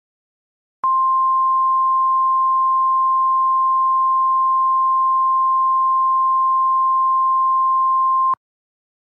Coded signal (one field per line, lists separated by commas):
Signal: Emergency Alert System (SAME) tones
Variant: 1050 Hz attention tone